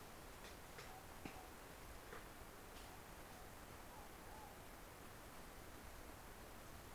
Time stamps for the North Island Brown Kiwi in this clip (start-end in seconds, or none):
none